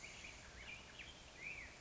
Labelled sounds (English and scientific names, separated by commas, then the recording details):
Black-headed Grosbeak (Pheucticus melanocephalus)
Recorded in Sonoma County, California